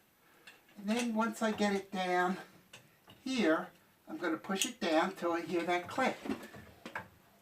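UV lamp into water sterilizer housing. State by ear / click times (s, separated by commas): seated / 6.9 s, 7.0 s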